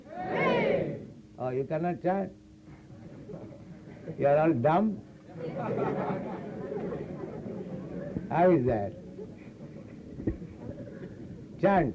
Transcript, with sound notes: Hare.
Oh, you cannot chant? You are all dumb? [laughter] How is that? Chant: